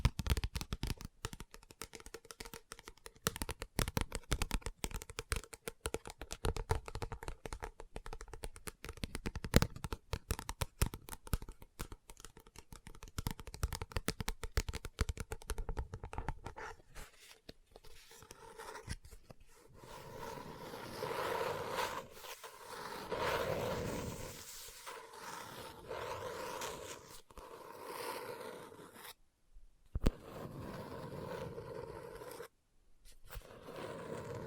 Book Tapping, Scratching, Page Turning